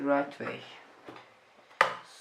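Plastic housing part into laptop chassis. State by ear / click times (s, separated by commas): seated / 1.8 s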